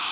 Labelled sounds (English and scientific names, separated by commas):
American Redstart (Setophaga ruticilla) flight call